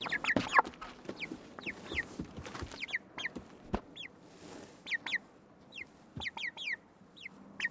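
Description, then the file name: Koeyoshi chicken clucking in quick repeated bursts of sharp notes, with scattered clicks underneath. Koeyoshi breed; chickens clucking while moving. "BIRD CHICKENS KOEYOSHI CLUCKING MOVING"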